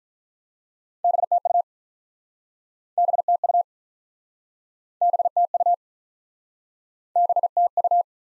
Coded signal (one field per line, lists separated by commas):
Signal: Morse code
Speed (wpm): 47 wpm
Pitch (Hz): 700 Hz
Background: none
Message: BTU BTU BTU BTU